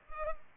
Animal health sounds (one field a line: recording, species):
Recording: mosquito wingbeat signal from an infrared sensor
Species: Culex pipiens